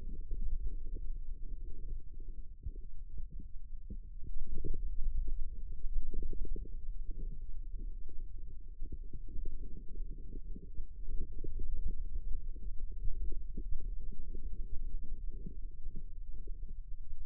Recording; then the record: forearm muscle sounds (acoustic myography)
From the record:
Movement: ulnar deviation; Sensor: system 2, bracelet of six BSWA MPA416 microphones around the upper forearm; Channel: 6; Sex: male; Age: 22 years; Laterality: right